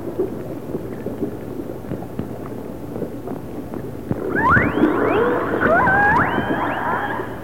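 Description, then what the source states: Orca calls: quiet clicking and underwater noise, then from four seconds a burst of rising squeals and flat harmonic tones. Resident orcas of the A clan.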